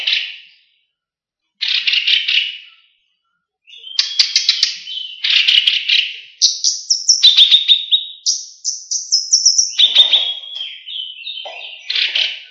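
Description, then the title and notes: Leafbird song: varied phrases of bright chirps, slurred whistles and buzzy notes, with short pauses between bursts early on, then a continuous run of notes. "Cucak Ijo"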